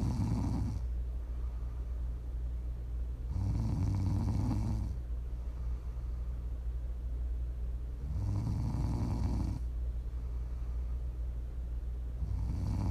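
Adult snoring during sleep, with loud low-pitched snores recurring about every 4 to 5 seconds over steady breathing noise, offered as ASMR for sleep or relaxation.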